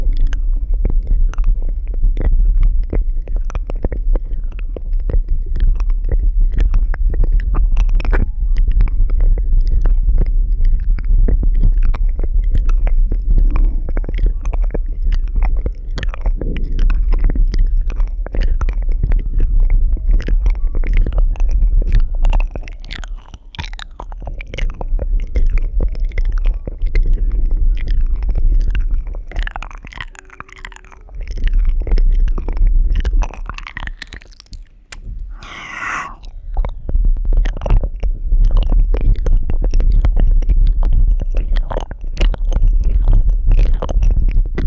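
Ear eating: dense, wet mouth clicks and chewing sounds run continuously over a deep low rumble, briefly thinning near thirty and thirty-five seconds.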